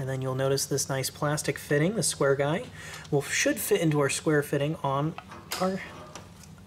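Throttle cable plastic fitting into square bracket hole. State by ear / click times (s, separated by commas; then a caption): seated / 6.2 s, 6.4 s. Someone talks while the square plastic fitting on a throttle cable housing is pushed into the square hole of the pedal-side bracket during an LS swap. Sharp clicks at 6.2 s and 6.4 s mark the fitting snapping in. It is seated and now holds firmly in place.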